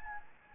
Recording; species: mosquito wingbeat signal from an infrared sensor; Anopheles gambiae